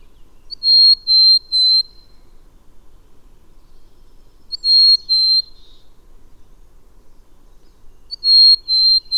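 Bird singing three level, high whistles in a row, the phrase repeated roughly every four seconds, three times, with near silence between.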